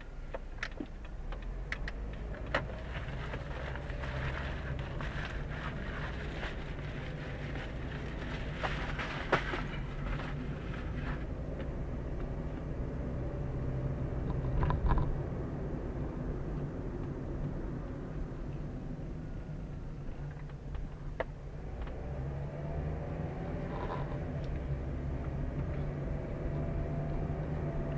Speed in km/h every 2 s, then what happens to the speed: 6, 12, 18, 22, 25, 26, 30, 34, 33, 22, 13, 18, 26, 31.
0-14 speeds up to 34. 14-20 brakes to 13. 20-28 speeds up to 31.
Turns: none.